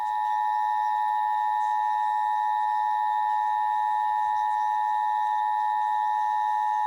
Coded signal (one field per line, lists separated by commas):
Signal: Emergency Alert System (SAME) tones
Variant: 853 and 960 Hz attention tone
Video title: Emergency Alert System EAS Required Monthly Test Minnesota WCCO-AM and KNOW-FM Minneapolis, MN